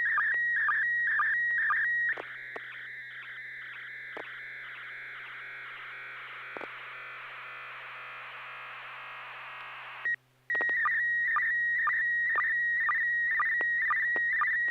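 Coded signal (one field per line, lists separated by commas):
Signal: SSTV (slow-scan television)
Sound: steady warbling high tone with rhythmic low blips about twice a second, brief dropout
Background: low hum, FM repeater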